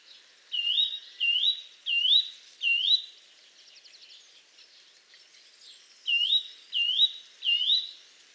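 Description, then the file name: Eurasian nuthatch calling with ringing upswept whistles, four in quick series, a pause with soft chatter, then three more. "Sitta europaea"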